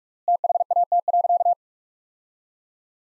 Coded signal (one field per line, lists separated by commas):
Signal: Morse code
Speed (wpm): 46 wpm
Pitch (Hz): 700 Hz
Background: none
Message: THAT.